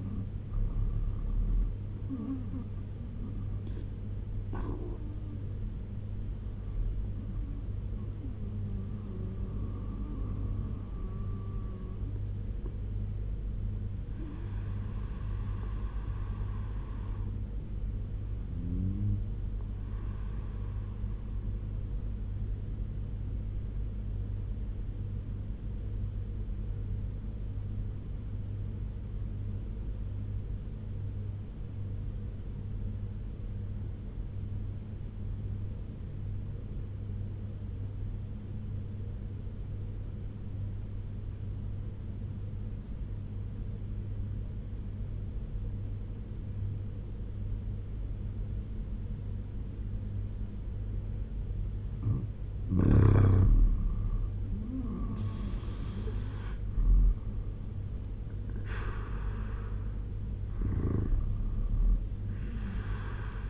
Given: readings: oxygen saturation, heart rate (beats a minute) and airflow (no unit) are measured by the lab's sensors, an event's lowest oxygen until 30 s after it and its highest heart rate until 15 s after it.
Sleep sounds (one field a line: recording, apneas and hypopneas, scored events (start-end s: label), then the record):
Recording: breathing in sleep by a smartphone at the bedside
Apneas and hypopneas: 1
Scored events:
25.00-50.20 s: obstructive apnea (N2, oxygen 95% highest, then 84% lowest, heart rate 73 at the start, 84 highest)
From the record:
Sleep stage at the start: N2 (light sleep)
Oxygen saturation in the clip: 81 to 95%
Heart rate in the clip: 68 to 84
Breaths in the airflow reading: 5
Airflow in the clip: -4.8 to 7.5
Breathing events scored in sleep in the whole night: 201 in 6.5 hours asleep